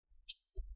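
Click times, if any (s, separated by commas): 0.3 s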